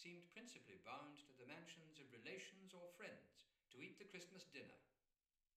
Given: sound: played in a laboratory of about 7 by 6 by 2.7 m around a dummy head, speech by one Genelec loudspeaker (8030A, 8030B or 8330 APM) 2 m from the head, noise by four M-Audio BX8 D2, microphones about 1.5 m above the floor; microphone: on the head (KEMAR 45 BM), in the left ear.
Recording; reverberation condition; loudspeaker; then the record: male speech in English; medium; 30 degrees to the left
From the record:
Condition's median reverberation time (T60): about 510 ms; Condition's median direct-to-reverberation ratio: about -0.5 dB